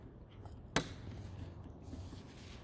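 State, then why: Seated. A seat release cable is pulled forward and its end is pushed fully into a plastic clip on an Audi A3 8P / A4 B6 B7 / Golf Mk5 Mk6 front seat, as part of a broken clip repair for a seat that won't tilt or slide. After a faint tick at 0.5 s, a sharp, loud click rings out at 0.8 s as the cable end seats in the clip. Low background noise continues afterward.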